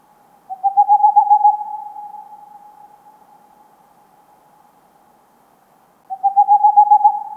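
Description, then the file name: Tengmalm's owl giving rapid bursts of soft, evenly spaced hoots, each burst about a second long with a lingering hum, two bursts heard; otherwise quiet. "Digiffects Sound Effects Library - Tengmalms Owl"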